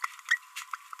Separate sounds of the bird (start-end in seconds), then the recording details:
0.29-0.37. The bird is a female. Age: 28 days. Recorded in a nest box in Venezuela. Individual 17B42B2